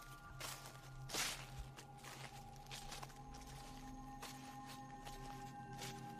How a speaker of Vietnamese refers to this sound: Lúc ngó đầu ra thì lại chẳng thấy gì, nhưng hễ cứ đặt chân xuống là tiếng bước chân lẹt xẹt lại vang lên.